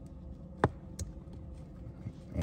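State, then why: Seated. A plug-and-play remote start harness connector is pushed into the vehicle's wiring connector during installation in a Kia, Hyundai or Genesis car. A single sharp click at 0.6 s shows the connector has seated, followed by a softer tap at 1.0 s over a low, steady background rumble.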